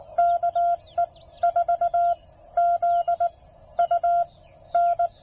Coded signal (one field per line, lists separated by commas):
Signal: Morse code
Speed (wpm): 19 wpm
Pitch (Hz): 690 Hz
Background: none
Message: KE4ZUN